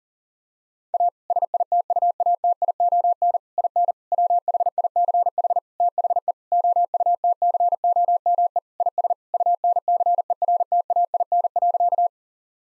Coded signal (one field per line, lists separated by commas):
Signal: Morse code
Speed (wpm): 40 wpm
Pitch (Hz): 700 Hz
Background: none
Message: A SITUATION IN WHICH THE OUTCOME IS UNCERTAIN.